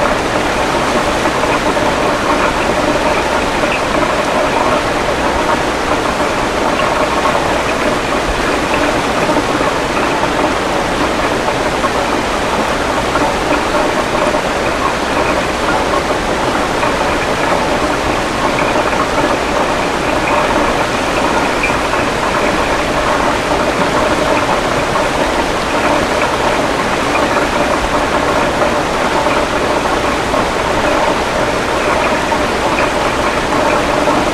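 A river rushes steadily beneath a footbridge, a dense, unbroken wash of water noise that fills everything from low rumble to bright hiss. The sound holds even throughout, with no distinct events standing out, only a faint low hum underneath.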